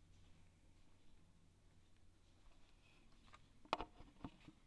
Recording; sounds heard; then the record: poultry house recording; no chicken sound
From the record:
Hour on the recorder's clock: 12